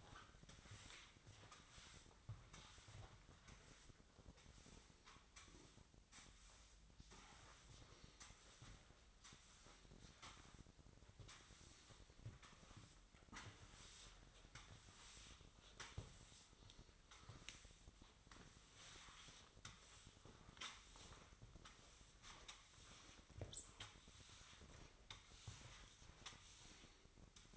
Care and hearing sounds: daily activity, microphone in the room; sweep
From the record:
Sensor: 3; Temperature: 24.8 degrees Celsius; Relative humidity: 38.3%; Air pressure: 1003.1 hPa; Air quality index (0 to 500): 196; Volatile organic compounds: 6 ppm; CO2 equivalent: 1913 ppm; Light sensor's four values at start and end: 12/29/12/13 and 15/35/15/16

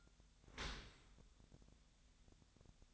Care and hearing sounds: daily activity, microphone in the room; open dishwasher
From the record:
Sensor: 3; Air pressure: 1006.7 hPa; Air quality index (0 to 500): 207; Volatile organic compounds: 19 ppm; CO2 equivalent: 2644 ppm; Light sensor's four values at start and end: 10/24/10/10 and 10/24/10/10

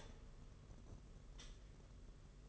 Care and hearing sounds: daily activity, microphone in the room; stop toaster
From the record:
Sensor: 4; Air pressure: 992.4 hPa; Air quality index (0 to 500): 144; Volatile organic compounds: 82 ppm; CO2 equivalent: 3626 ppm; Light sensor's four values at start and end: 18/62/23/24 and 18/62/23/24

